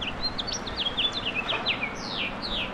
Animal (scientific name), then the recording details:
Haemorhous mexicanus. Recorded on Long Island, New York, on 17 May 2012. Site LB. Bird A